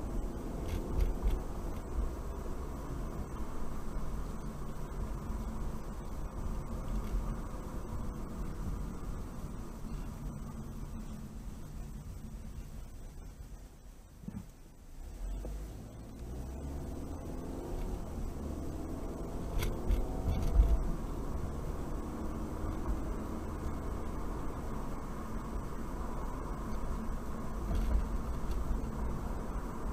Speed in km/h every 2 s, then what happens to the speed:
34, 39, 39, 37, 34, 24, 10, 8, 19, 31, 39, 45, 48, 47, 48.
0-7 steady at about 37. 7-14 brakes to 8. 14-23 speeds up to 48. 23-30 steady at about 48.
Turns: none.